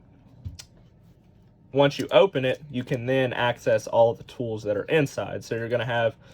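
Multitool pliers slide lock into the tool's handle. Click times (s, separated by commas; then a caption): 0.6 s. A sliding lock on a metal multitool is pushed forward to deploy the pliers, and a single sharp click at 0.6 s marks the pliers seating into place in the tool's handle. After that, someone talks.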